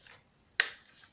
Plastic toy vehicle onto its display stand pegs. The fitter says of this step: just snap right in like